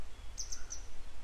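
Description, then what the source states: Grey wagtail giving three quick high-pitched sharp calls in a short burst, a low background rumble throughout. A pair, still searching for their young today; follow-up report.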